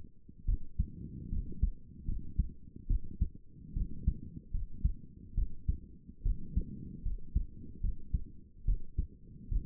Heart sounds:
heart sounds by stethoscope; 73 bpm
0.45 s: heartbeat
1.29 s: heartbeat
2.05 s: heartbeat
2.87 s: heartbeat
3.73 s: heartbeat
4.51 s: heartbeat
5.34 s: heartbeat
6.23 s: heartbeat
7.03 s: heartbeat
7.81 s: heartbeat
8.65 s: heartbeat
9.49 s: heartbeat
From the record:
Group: healthy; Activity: rest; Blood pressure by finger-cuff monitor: 152/87 mmHg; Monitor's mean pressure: 108 mmHg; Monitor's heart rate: 72 bpm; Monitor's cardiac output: 6.4 L/min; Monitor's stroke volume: 89 mL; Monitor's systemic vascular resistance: 1240 dyn s/cm5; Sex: female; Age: 22 years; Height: 154 cm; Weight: 58.7 kg

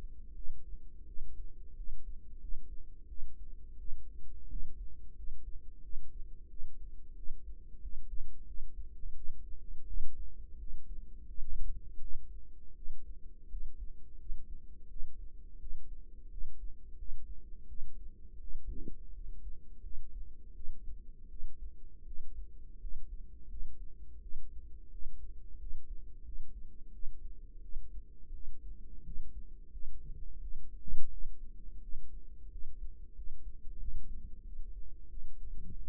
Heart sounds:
heart sounds by microphone in the right ear; 86 bpm
0.33 s: heartbeat
1.05 s: heartbeat
1.75 s: heartbeat
2.39 s: heartbeat
3.07 s: heartbeat
3.77 s: heartbeat
4.48 s: heartbeat
5.14 s: heartbeat
5.81 s: heartbeat
6.48 s: heartbeat
7.14 s: heartbeat
7.80 s: heartbeat
8.45 s: heartbeat
9.14 s: heartbeat
9.85 s: heartbeat
10.57 s: heartbeat
11.26 s: heartbeat
11.99 s: heartbeat
12.74 s: heartbeat
13.48 s: heartbeat
14.17 s: heartbeat
14.88 s: heartbeat
15.58 s: heartbeat
16.29 s: heartbeat
16.96 s: heartbeat
17.67 s: heartbeat
18.39 s: heartbeat
19.12 s: heartbeat
19.81 s: heartbeat
20.53 s: heartbeat
21.28 s: heartbeat
22.04 s: heartbeat
22.79 s: heartbeat
23.47 s: heartbeat
24.20 s: heartbeat
24.90 s: heartbeat
25.57 s: heartbeat
26.23 s: heartbeat
26.91 s: heartbeat
27.60 s: heartbeat
28.32 s: heartbeat
29.03 s: heartbeat
29.70 s: heartbeat
30.39 s: heartbeat
31.09 s: heartbeat
31.80 s: heartbeat
32.49 s: heartbeat
33.14 s: heartbeat
33.78 s: heartbeat
34.42 s: heartbeat
35.08 s: heartbeat
35.76 s: heartbeat
From the record:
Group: healthy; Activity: rest 0-29 s, Valsalva maneuver 29-36 s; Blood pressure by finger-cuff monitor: 76/53 mmHg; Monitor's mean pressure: 61 mmHg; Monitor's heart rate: 86 bpm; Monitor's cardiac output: 6.8 L/min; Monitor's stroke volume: 80 mL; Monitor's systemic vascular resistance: 640 dyn s/cm5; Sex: female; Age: 19 years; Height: 163 cm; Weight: 48.9 kg

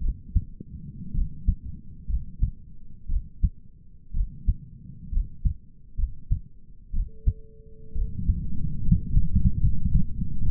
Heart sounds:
heart sounds by stethoscope; 63 bpm
0.02 s: heartbeat
1.14 s: heartbeat
2.09 s: heartbeat
3.09 s: heartbeat
4.15 s: heartbeat
5.12 s: heartbeat
5.98 s: heartbeat
6.94 s: heartbeat
7.96 s: heartbeat
8.84 s: heartbeat
9.63 s: heartbeat
10.43 s: heartbeat
From the record:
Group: healthy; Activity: rest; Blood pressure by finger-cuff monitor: 123/70 mmHg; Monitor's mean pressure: 85 mmHg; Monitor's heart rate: 61 bpm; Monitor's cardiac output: 5.9 L/min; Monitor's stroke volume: 96 mL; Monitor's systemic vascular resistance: 1070 dyn s/cm5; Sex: male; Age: 22 years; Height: 181 cm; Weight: 79 kg

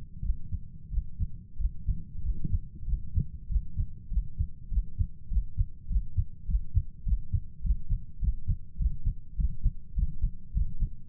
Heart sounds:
heart sounds by stethoscope; 99 bpm
0.20 s: heartbeat
0.88 s: heartbeat
1.55 s: heartbeat
2.20 s: heartbeat
2.84 s: heartbeat
3.46 s: heartbeat
4.08 s: heartbeat
4.68 s: heartbeat
5.28 s: heartbeat
5.87 s: heartbeat
6.45 s: heartbeat
7.03 s: heartbeat
7.61 s: heartbeat
8.19 s: heartbeat
8.77 s: heartbeat
9.35 s: heartbeat
9.94 s: heartbeat
10.52 s: heartbeat
From the record:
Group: healthy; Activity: Valsalva maneuver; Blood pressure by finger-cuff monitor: 92/68 mmHg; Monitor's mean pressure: 72 mmHg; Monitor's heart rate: 100 bpm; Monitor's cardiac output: 7.7 L/min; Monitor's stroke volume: 79 mL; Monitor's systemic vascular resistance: 640 dyn s/cm5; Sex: male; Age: 23 years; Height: 178 cm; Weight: 96.6 kg

